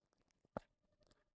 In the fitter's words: you can hear a click